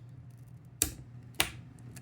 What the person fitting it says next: So, you heard two clicks there. That's what you want to hear when you push that in.